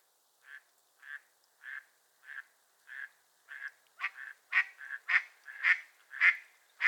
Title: A Morning on Otter Creek with a Raft of Ducks